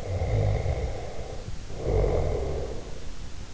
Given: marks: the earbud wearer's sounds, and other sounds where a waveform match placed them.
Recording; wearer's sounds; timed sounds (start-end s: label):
sounds in sleep by an in-ear microphone; snoring breath
0.00-3.06 s: snoring breath